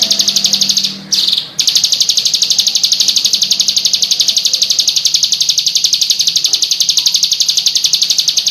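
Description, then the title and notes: Prinia song, high and rapid chip notes with one short pause early on before resuming steadily. Complete song of the prenjak, including the rolling song style called ngerol. "Suara Kicau Burung Prenjak Lengkap dan Ngerol"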